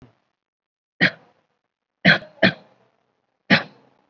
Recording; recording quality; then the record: shallow voluntary cough; excellent, no background noise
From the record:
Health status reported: COVID-19 positive, mild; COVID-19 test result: positive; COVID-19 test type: RT-PCR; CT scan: not taken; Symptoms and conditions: none ticked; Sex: male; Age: 30 years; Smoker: no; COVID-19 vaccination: none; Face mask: not worn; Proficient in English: no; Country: India